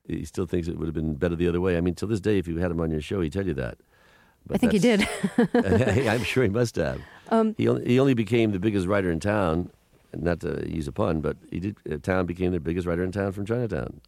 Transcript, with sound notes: He still thinks it would have been better the other way. I mean, to this day, if you had him on your show, he'd tell you that.
I think he did (laughter).
I'm sure he must have. He only only became the biggest writer in town - not to use a pun, but he did. Towne became the biggest writer in town from "Chinatown."